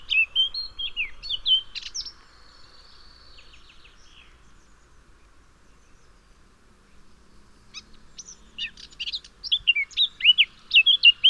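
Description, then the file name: Eurasian blackcap song: two bursts of hurried scratchy warbling separated by several seconds of near silence. "Sylvia atricapilla"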